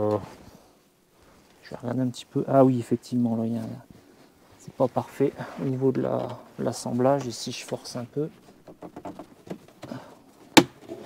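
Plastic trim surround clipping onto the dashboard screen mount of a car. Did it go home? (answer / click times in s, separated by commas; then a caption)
yes / 10.6 s. Someone talks while a plastic trim surround around the rotating screen mount on a Tesla Model Y/3 dashboard sits not quite flush and is forced in further by hand. A few faint taps come between 8.7 and 9.8 s, then a sharp, loud snap at 10.6 s as the surround seats home.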